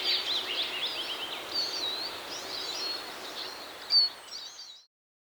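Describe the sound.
Eurasian Siskin song, a continuous run of rapid high twitters and scratchy chirps, with one sharper note near the end before the sound cuts off.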